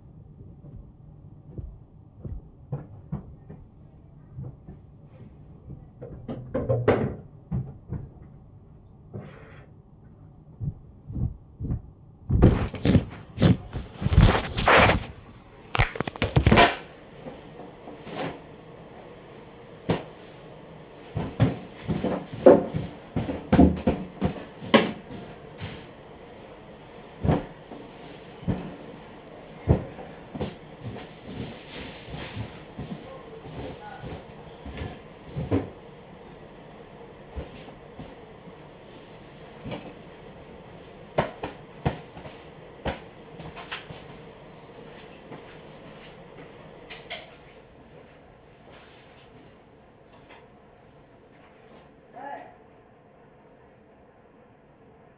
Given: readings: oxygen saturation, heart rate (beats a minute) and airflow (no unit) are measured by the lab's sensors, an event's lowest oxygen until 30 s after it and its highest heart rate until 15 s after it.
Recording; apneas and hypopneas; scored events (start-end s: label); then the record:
a person awake in a sleep study, by a smartphone at the bedside; none
0.00-55.18 s: awake
0.00-55.18 s: awake
From the record:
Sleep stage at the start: awake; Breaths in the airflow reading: 17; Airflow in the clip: -0.8 to 0.8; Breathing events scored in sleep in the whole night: 263 in 5.5 hours asleep